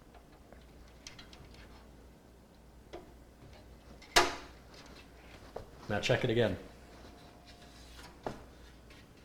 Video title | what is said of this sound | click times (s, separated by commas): Build Mitzvah COMPLETE 4k (parts 1-4) | That corner is not in, is it? Feel it. | 4.2 s